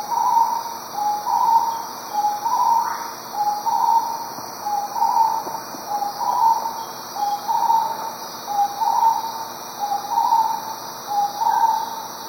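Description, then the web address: Starred wood quail calling in rhythmic whistled phrases, each a short low note followed by a longer higher one, repeated steadily, with continuous insect buzzing in the background. Ecuador. "Birds of Ecuador. Starred Wood Quail"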